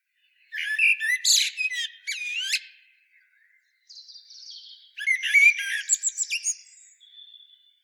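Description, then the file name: Common blackbird song phrases: warbled whistles and sharp squeaky notes, a pause with a softer twitter, then a second busy phrase. "Turdus merula"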